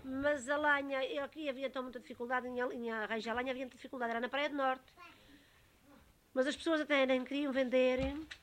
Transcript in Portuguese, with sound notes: Mas a lenha Ele aqui havia então muita dificuldade em a le- em arranjar lenha, havia muita dificuldade. Era na Praia do Norte. [pausa] Mas as pessoas até nem queriam vender…